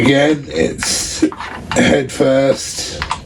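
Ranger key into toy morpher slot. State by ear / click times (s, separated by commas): seated / 3.0 s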